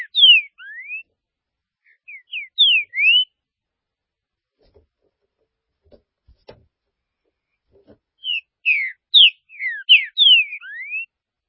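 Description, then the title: Green-winged saltator song of clear whistled notes, falling and rising slurs, in phrases separated by a long silence with faint clicks. "Trinca Ferro"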